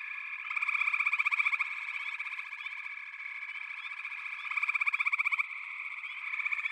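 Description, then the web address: Chorus of frogs with a steady buzzing background and two loud bursts of rapid pulses, one early and one late, each about a second long. A chorus of frogs calling together. "Echoes of Nature - Frog Chorus"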